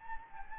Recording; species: mosquito wingbeat signal from an infrared sensor; Anopheles gambiae